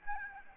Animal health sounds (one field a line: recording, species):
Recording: mosquito wingbeat signal from an infrared sensor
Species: Aedes albopictus